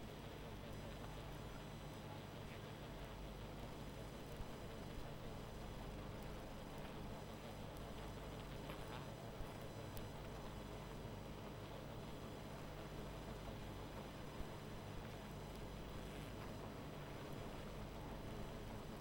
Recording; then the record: honeybee colony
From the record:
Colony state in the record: missing queen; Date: 14 July 2017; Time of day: 19:41